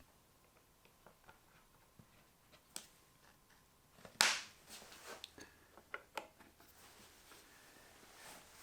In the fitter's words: Not too shabby. I can't believe one of them actually clicked into place.